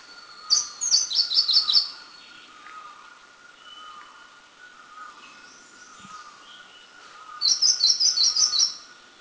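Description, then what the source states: Grey-cheeked warbler: two high, rapid trilled phrases of bright repeated notes, one near the start and one near the end, over a steady background hum. Recorded in Mishmi, India.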